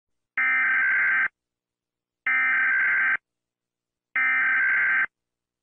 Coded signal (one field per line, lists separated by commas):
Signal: Emergency Alert System (SAME) tones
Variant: header bursts